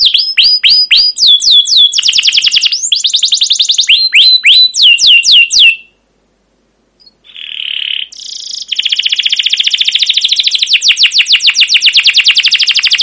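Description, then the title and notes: Canary alternating quick descending chirps with fast trills, pausing briefly, then launching into a long continuous rolling trill. Long, continuous canary singing with 'cuit cuit' chirps and 'ngerol' rolling trills, used as a lure and tutor recording for young canaries learning to sing. "CUIT CUIT NGEROL LANGSUNG GACOR PANJANG Kenari Pancingan KENAR. PANCINGAN Kenari GACOR PANJANG Cuit CUIT EMOSI MASTERAN Kenari PAUD belajar BUNYI. burung kenari"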